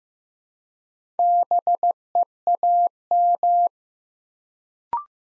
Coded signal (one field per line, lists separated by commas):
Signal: Morse code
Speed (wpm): 15 wpm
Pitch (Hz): 700 Hz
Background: none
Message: BEAM